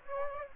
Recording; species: mosquito wingbeat signal from an infrared sensor; Aedes aegypti